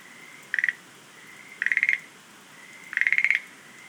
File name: rodolphe alexis - rhacophorus schlegelii